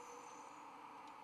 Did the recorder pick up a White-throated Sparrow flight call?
no